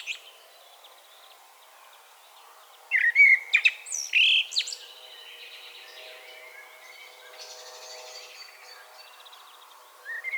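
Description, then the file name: Common blackbird song: a single loud phrase of fluty notes and a thin high flourish, between long quieter stretches with faint high twittering. "Turdus merula"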